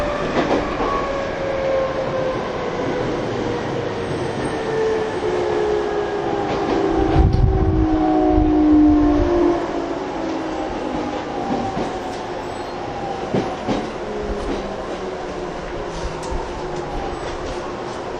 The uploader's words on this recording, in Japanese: TWR70-000形 埼京線快速01 新木場～赤羽。209系と同じオリジナルのインバータ音だった、TWR70-000形”埼京線快速”を収録したものです。